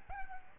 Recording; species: mosquito wingbeat signal from an infrared sensor; Aedes albopictus